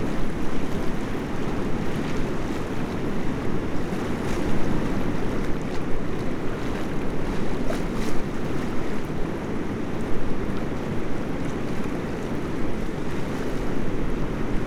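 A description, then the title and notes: Water rushes steadily under a bridge, a dense, low roar that holds constant for the whole stretch. Faint brighter splashes and clicks surface now and then, around four, six and eight seconds, over the thick churning rumble, with some wind buffeting the microphone. Water Rushing Under the Bridge.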